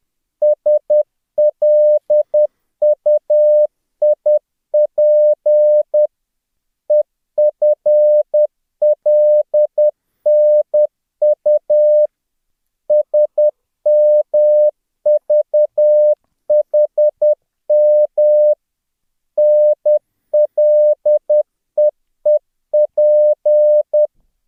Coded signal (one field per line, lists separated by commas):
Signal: Morse code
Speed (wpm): 10 wpm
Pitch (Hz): 600 Hz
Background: none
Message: SLUIP EFLNU SMVHM NLEEP